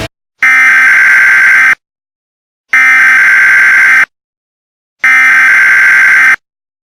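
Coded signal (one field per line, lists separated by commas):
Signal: Emergency Alert System (SAME) tones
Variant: header bursts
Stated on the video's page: Fictional EAS doomsday scenario.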